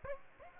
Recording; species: mosquito wingbeat signal from an infrared sensor; Aedes aegypti